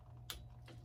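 A bolt is tightened with a click-type torque wrench to the book value (11, then 23), and the wrench gives a sharp, bright click at 0.3 s, confirming it reached its setting. A fainter second tick follows at about 0.7 s over a steady low hum.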